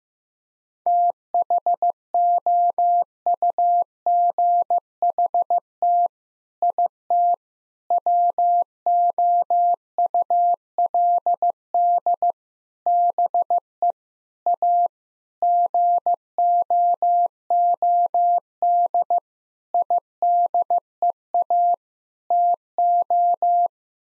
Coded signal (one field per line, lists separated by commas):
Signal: Morse code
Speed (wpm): 15 wpm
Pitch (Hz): 700 Hz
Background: none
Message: THOUGHT IT WOULD BE A GOOD IDEA TO